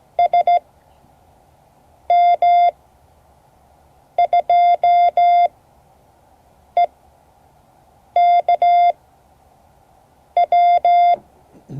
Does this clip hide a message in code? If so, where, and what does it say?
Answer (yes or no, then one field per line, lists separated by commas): yes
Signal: Morse code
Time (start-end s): 0.2-11.1 s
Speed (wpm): 16 wpm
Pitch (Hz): 700 Hz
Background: none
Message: SM2EKW